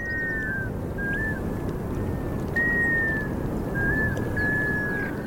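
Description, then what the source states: Black scoter moaning: mellow, whistled, slightly falling notes repeated several times over about five seconds, against a steady low rush of wind or water. Eerie moan travelling across the surface of a tundra lake near Nome, Alaska, during the Arctic summer breeding season.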